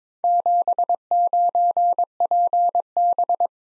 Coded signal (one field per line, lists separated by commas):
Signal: Morse code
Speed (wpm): 25 wpm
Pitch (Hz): 700 Hz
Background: none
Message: 79PB